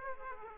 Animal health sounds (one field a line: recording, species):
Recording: mosquito wingbeat signal from an infrared sensor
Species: Aedes aegypti